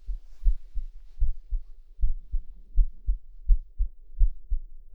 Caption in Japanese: お兄ちゃんの耳に私の胸押し当ててみました。 私の心臓の音聞こえる？。